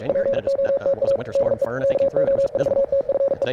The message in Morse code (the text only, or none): POTA DE KO4TFE